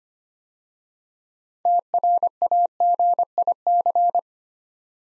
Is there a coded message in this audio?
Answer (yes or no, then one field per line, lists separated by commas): yes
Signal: Morse code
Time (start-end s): 1.7-4.2 s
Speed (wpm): 25 wpm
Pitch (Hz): 700 Hz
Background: none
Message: TRAGIC